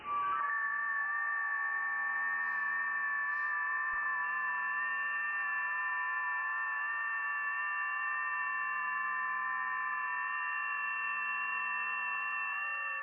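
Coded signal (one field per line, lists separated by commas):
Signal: FT8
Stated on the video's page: Amateur HF contacts made live on air using a homemade Christmas-light antenna.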